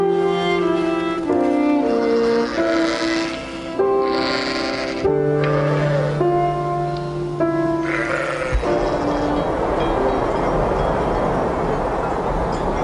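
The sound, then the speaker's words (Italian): A flock of sheep bleats over and over, several wavering, nasal calls overlapping for about eight seconds before the bleating stops and a steady rushing noise takes over. “È una passione che ho, stare delle ore a guardare sempre le pecore, a pascolare, o l'aria ti trasmette tante cose, ti fa pensare anche com'è la vita”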